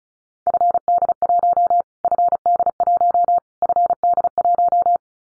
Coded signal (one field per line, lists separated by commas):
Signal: Morse code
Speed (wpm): 34 wpm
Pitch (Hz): 700 Hz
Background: none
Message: FD1 FD1 FD1